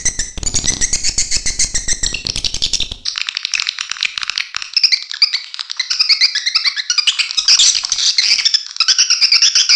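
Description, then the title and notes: Swiftlet calls: rapid high chirps over a low rumbling noise at first, then clearer twittering and squeaky chirps in close repeated pulses. Swiftlet calls used as a lure sound in swiftlet bird farming, Asia. "Swiflet Bird Sound. Farming Swiflet Bird asia sound"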